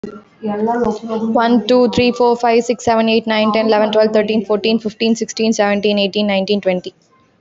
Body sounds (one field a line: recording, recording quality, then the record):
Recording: counting at a fast pace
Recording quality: excellent, no background noise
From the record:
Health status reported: healthy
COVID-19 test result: not tested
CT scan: not taken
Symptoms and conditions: none ticked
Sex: female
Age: 25 years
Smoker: no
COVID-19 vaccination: both doses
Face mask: worn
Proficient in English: yes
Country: India